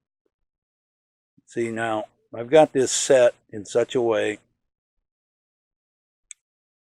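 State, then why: Seated. Someone talks while setting a steel foothold trap, then a single sharp click at 6.3 s marks the trap dog catching in the pan notch. The trap is set, with the pan level.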